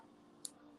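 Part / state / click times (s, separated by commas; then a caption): earring post into hinged back latch / seated / 0.4 s. The post of a hinged-back sterling silver earring is fed through the hole and the hinge is pressed shut. Against a quiet background, a single sharp, short, bright click sounds at 0.5 s. The hinged back clicks closed and latches into place.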